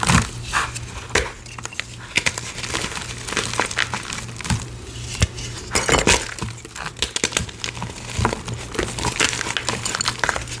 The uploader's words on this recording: A series of short gym chalk crushing videos.